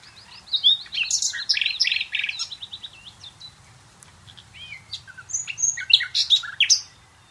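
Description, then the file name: Common nightingale singing two bursts of rich, varied phrases, a short lull between them. "Luscinia megarhynchos"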